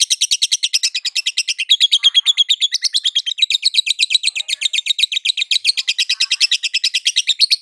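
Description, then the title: Lovebird song: an unbroken, fast, buzzy twitter of high-pitched notes pulsing steadily throughout. Continuous chattering (konslet) song, used for training other birds. "Masteran Lovebird Konslet"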